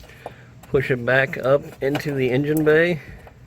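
A new ABS wheel speed sensor wiring harness is being pushed back up into the engine bay toward the mounting hole for its plastic retaining clip, while someone talks. A short tick sounds at 0.3 s, but the clip has not seated or clicked yet.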